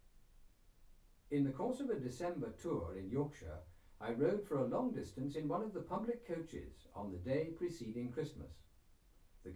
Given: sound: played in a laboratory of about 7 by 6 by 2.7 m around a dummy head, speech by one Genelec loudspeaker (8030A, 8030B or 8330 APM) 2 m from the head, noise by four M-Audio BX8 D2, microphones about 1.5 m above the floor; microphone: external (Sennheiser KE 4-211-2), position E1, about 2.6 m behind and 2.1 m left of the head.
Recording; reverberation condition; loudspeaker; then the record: male speech in English; low; 150 degrees to the right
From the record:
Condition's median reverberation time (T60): about 310 ms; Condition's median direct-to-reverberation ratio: about 3.5 dB